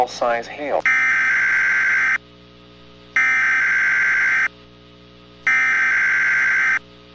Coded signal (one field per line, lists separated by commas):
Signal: Emergency Alert System (SAME) tones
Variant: header bursts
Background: speech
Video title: "CAMP CLOVIS" - An EAS Scenario